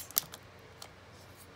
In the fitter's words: so you gotta make sure it clicks